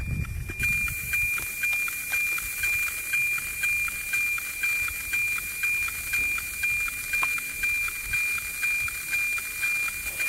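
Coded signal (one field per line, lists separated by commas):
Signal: weather satellite image (APT)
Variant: NOAA APT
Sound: steady high tone with a rhythmic tick-tock twice per second over hiss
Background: radio static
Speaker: so I hope you can hear it and see it as well this is basically the best signal you can get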